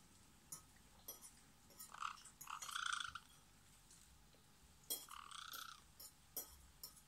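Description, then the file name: Parrot chatter: raspy, partly tonal squawks in two bursts separated by a short pause, mixed with sharp clicks and a low hiss. "zvuk popugaya"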